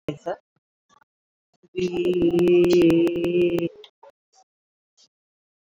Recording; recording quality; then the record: sustained vowel as in beet; poor, much background noise or distortion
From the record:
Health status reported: COVID-19 positive, mild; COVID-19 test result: positive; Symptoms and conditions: none ticked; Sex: female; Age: 52 years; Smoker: not ticked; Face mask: not worn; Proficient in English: yes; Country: India